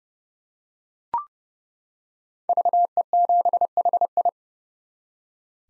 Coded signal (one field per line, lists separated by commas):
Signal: Morse code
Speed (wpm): 30 wpm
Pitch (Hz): 700 Hz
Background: none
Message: VE7HI